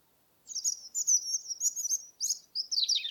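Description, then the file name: European robin song, a rapid thin high warble of trilled and slurred notes, ending in a quick descending flourish. "european robin - erithacus rubecula"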